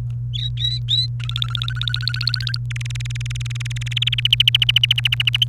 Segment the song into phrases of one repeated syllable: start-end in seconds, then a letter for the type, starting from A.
0.34-1.06 A, 1.20-2.57 B, 2.70-4.27 C, 4.33-5.44 D